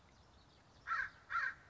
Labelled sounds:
American Crow (Corvus brachyrhynchos)
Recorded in Sonoma County, California

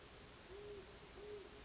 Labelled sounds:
Great Horned Owl (Bubo virginianus)
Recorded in Sonoma County, California

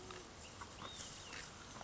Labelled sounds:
Olive-sided Flycatcher (Contopus cooperi)
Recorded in Sonoma County, California

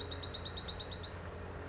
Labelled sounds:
Bewick's Wren (Thryomanes bewickii)
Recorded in Sonoma County, California

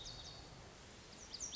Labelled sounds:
Lazuli Bunting (Passerina amoena)
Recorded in Sonoma County, California

